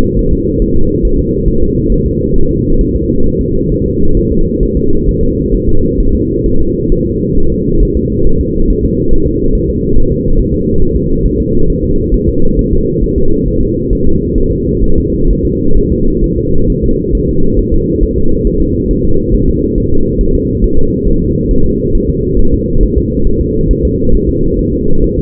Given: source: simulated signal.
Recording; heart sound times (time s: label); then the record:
fetal heart sounds
0.19 s: S1
0.33 s: S2
0.62 s: S1
0.76 s: S2
1.05 s: S1
1.19 s: S2
1.48 s: S1
1.63 s: S2
1.92 s: S1
2.06 s: S2
2.36 s: S1
2.51 s: S2
2.81 s: S1
2.96 s: S2
3.26 s: S1
3.41 s: S2
3.72 s: S1
3.86 s: S2
4.17 s: S1
4.32 s: S2
4.63 s: S1
4.77 s: S2
5.09 s: S1
5.23 s: S2
5.54 s: S1
5.69 s: S2
6.00 s: S1
6.15 s: S2
6.46 s: S1
6.61 s: S2
6.92 s: S1
7.06 s: S2
7.38 s: S1
7.52 s: S2
7.83 s: S1
7.97 s: S2
8.27 s: S1
8.41 s: S2
8.70 s: S1
8.85 s: S2
9.13 s: S1
9.27 s: S2
9.55 s: S1
9.70 s: S2
9.97 s: S1
10.12 s: S2
10.39 s: S1
10.54 s: S2
10.82 s: S1
10.97 s: S2
11.26 s: S1
11.40 s: S2
11.70 s: S1
11.84 s: S2
12.14 s: S1
12.29 s: S2
12.59 s: S1
12.73 s: S2
13.04 s: S1
13.18 s: S2
13.48 s: S1
13.62 s: S2
13.93 s: S1
14.07 s: S2
14.38 s: S1
14.52 s: S2
14.84 s: S1
14.98 s: S2
15.30 s: S1
15.45 s: S2
15.77 s: S1
15.92 s: S2
16.24 s: S1
16.38 s: S2
16.70 s: S1
16.84 s: S2
17.15 s: S1
17.29 s: S2
17.59 s: S1
17.74 s: S2
18.03 s: S1
18.18 s: S2
18.47 s: S1
18.62 s: S2
18.91 s: S1
19.05 s: S2
19.34 s: S1
19.49 s: S2
19.78 s: S1
19.92 s: S2
20.21 s: S1
20.35 s: S2
20.64 s: S1
20.79 s: S2
21.08 s: S1
21.22 s: S2
21.51 s: S1
21.66 s: S2
21.95 s: S1
22.09 s: S2
22.39 s: S1
22.54 s: S2
22.83 s: S1
22.98 s: S2
23.27 s: S1
23.41 s: S2
23.71 s: S1
23.85 s: S2
24.15 s: S1
24.29 s: S2
24.59 s: S1
24.73 s: S2
25.04 s: S1
25.19 s: S2
From the record:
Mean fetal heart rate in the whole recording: 135 bpm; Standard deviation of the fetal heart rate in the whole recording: 3 bpm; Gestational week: 36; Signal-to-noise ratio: -19.1 dB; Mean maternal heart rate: 72 bpm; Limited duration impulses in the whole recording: present